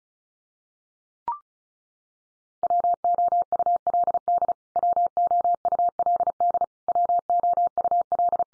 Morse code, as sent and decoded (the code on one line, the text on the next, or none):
.-- --- ..- .-.. -.. / .-- --- ..- .-.. -.. / .-- --- ..- .-..
WOULD WOULD WOUL